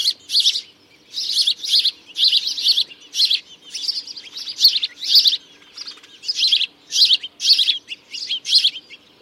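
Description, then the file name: House sparrow calls: a rapid series of sharp chirps repeated almost continuously, with brief gaps. "Passer domesticus"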